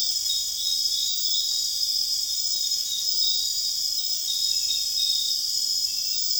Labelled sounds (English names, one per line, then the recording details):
none
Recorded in secondary vegetation near Puerto Asís, Putumayo, Colombia, on 22 June 2025 at 21:30
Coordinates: 0.485, -76.322
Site GP06